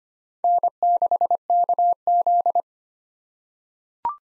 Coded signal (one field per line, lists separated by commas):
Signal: Morse code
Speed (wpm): 25 wpm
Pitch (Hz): 700 Hz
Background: none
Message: N6KZ